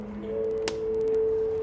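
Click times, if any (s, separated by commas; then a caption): 0.7 s. A wiring harness connector is lined up in the matching direction and pushed onto a front bumper parking assist sensor, seating with a single sharp click at 0.7 s. A steady tonal music bed plays underneath the whole clip, and the connector is confirmed seated.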